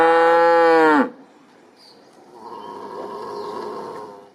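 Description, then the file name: Cow mooing: one loud, rich moo lasting about a second, then a softer, breathy lowing. Cow on the farm. "Krowa"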